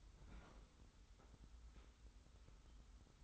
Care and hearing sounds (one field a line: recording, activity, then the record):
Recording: daily activity, microphone in the room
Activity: open fridge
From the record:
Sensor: 3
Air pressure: 991.0 hPa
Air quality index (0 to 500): 118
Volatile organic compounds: 83 ppm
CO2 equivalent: 3634 ppm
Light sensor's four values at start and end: 36/86/35/33 and 36/86/35/33